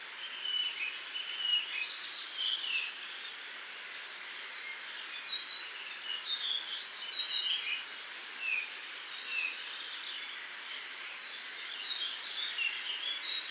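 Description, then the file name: Grey wagtail giving two bright, rapid trilled phrases about five seconds apart, each opening with a high sharp note, with softer chirps in between. "PLISZKAGORSKA"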